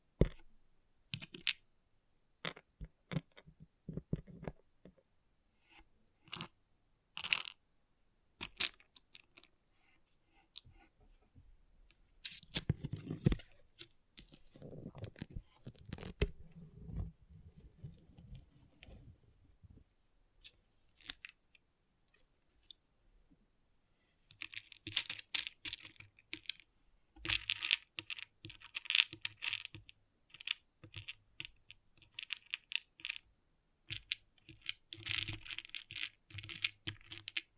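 Pixel art beads clatter and click in uneven bursts, with a low rustling stretch midway and denser, brighter rattling over the last thirteen seconds.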